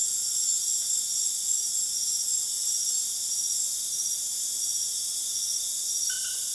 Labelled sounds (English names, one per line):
none